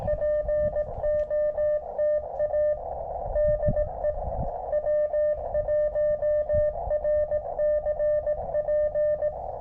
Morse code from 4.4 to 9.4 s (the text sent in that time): W1RCP